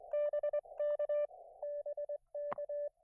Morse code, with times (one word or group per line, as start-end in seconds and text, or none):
0.1-1.3 BK
1.6-2.9 BK